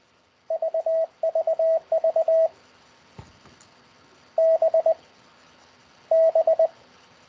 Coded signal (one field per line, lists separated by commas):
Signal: Morse code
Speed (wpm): 20 wpm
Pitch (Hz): 650 Hz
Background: none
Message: VVV B B